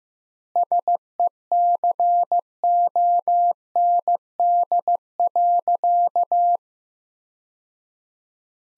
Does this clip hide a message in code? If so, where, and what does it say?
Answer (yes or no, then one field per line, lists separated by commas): yes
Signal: Morse code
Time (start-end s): 0.6-6.6 s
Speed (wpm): 15 wpm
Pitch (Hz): 700 Hz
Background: none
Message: SECOND.